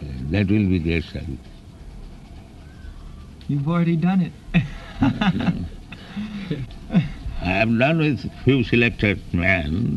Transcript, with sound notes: That will be great service.
You've already done it. [laughs]
I've done with a few selected men.